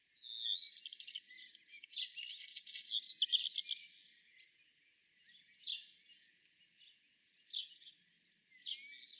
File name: kopciuszek peter boesman. zwarte roodstaart. zang